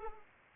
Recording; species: mosquito wingbeat signal from an infrared sensor; Anopheles arabiensis